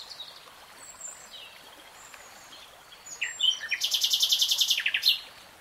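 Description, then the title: Nightingale song over steady background hiss: faint scattered chirps, then a fast, loud run of repeated clipped notes that ends abruptly. Singing; 3-hour real-time recording. "[Tiếng chim hót] 3 Hours REALTIME Nightingale Singing"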